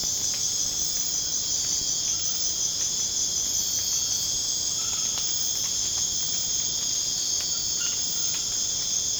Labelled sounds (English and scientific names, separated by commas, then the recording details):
none
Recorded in secondary vegetation near Puerto Asís, Putumayo, Colombia, on 24 March 2025 at 00:30
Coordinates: 0.485, -76.322
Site G040